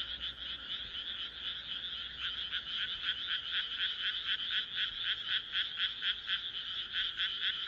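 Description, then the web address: Chorus of frogs, dense rapid croaking notes about four a second, steady and unbroken throughout. "kaeru kaeru"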